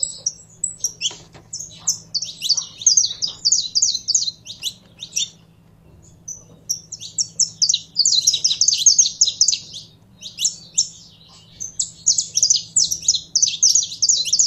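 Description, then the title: Belgian canary song, rapid high chirps and twittering trills in bursts with brief pauses. Song of a purebred Belgian canary. "Canto Do Canário Belga Puro"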